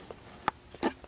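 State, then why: Seated. The cylindrical, butt-connector-style end of a gear indicator cable is pressed into its clip on a steering column and seats with a sharp click at 0.5 s. Fainter ticks follow near 0.8 s and around 1.0–1.1 s, and the cable end is seated in its clip.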